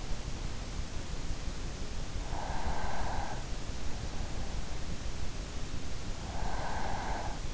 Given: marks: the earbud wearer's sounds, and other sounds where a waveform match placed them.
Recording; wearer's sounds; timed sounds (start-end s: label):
sounds in sleep by an in-ear microphone; breath
1.89-3.83 s: breath
6.01-7.54 s: breath